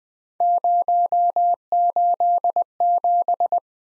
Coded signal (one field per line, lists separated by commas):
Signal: Morse code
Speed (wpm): 20 wpm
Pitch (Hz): 700 Hz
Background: none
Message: 087